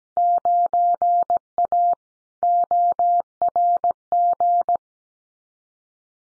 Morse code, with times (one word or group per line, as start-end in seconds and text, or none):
0.2-1.9 9A
2.4-4.8 ORG